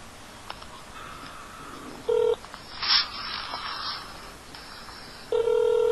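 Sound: telephone keypad dialing tones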